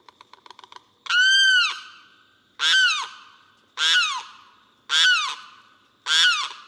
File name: Limpkin